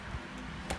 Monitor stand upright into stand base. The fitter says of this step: until you get a click when you get that click you know that you're good to go